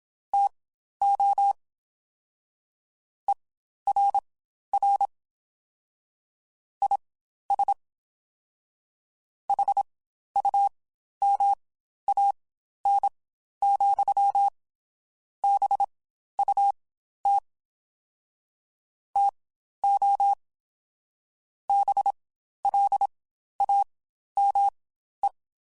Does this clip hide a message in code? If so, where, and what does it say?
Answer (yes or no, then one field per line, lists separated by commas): yes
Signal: Morse code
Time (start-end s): 0.3-25.3 s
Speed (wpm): 27 wpm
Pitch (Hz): 800 Hz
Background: none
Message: TO ERR IS HUMAN,BUT TO BLAME